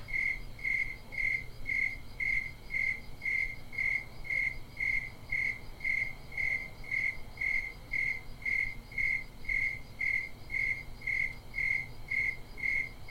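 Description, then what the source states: Crickets chirping in a steady, even rhythm, about two high-pitched pulses each second, continuing throughout against faint low background noise. Several crickets recorded in Bisbee.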